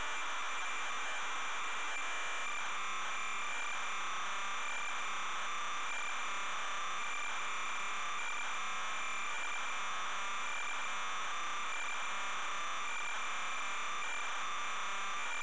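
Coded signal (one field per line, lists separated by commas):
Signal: computer data on cassette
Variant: Amstrad CPC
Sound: continuous harsh buzzing warble of cassette data, rough and grainy, no breaks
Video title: Darkman (Amstrad CPC) - Full tape loading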